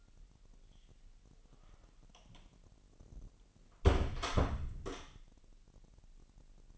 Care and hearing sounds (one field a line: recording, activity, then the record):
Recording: daily activity, microphone in the room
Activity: close door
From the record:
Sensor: 4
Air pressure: 1002.0 hPa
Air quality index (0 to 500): 248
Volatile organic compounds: 41 ppm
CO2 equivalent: 3168 ppm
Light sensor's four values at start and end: 9/20/8/7 and 9/21/8/7